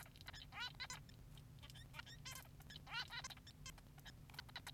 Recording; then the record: song of a male Bengalese finch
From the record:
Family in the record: son of father 3